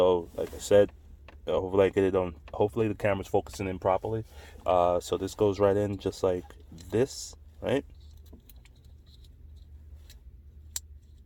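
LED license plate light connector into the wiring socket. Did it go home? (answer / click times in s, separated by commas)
partly / 10.8 s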